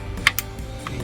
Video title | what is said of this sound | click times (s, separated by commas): 2020-2023 Silverado 2500 LED Grille Lights Review & Install | Une fois à mi-hauteur, on entend un petit clic. | 0.3 s